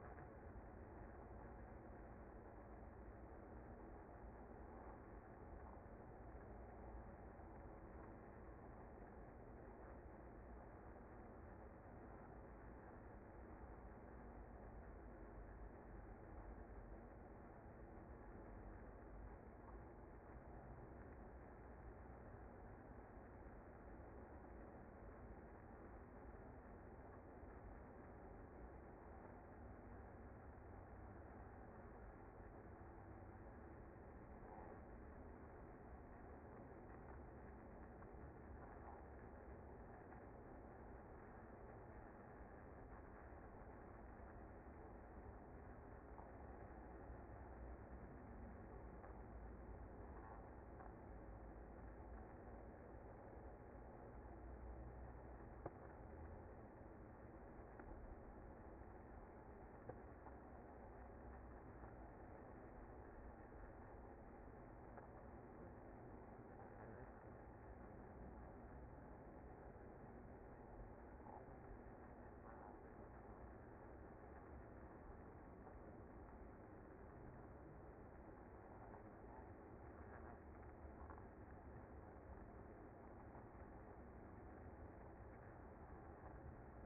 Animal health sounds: honeybee colony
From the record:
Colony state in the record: active

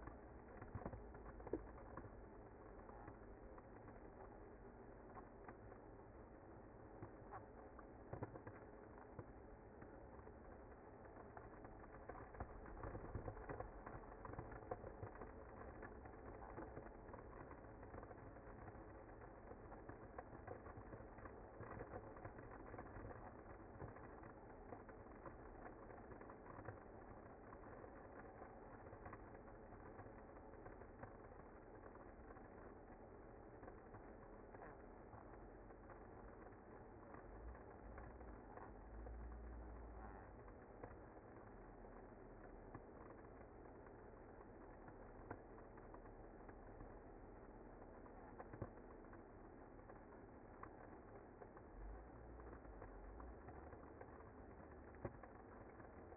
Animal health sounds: honeybee colony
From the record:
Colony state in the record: active

